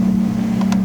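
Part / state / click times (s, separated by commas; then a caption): folding camp stove case latch / released / 0.6 s, 0.7 s. The latches on a folded Camp Chef camp stove case with a carrying handle are opened over a steady low hum. Two sharp, short clicks at 0.6 s and 0.7 s mark the latches releasing, and the case clicks open.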